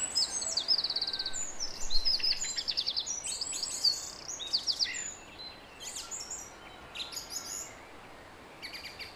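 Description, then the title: Song thrush delivering quick repeated-note phrases and sharp whistles, dense at first and then thinning out toward the end. Song recorded at 06h. "Zanglijster 06h Durenne2"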